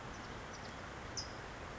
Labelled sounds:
California Towhee
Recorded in Sonoma County, California

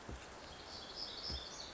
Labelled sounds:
Black-throated Gray Warbler
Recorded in Sonoma County, California

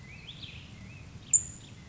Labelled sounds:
Black-headed Grosbeak
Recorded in Sonoma County, California

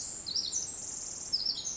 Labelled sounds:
Pacific Wren
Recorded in Sonoma County, California

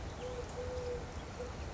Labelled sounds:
Eurasian Collared Dove
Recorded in Sonoma County, California

